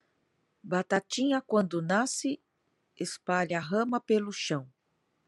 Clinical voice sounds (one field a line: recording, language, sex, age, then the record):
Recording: short text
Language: Brazilian Portuguese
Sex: female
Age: 40 to 49 years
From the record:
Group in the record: control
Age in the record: 47 years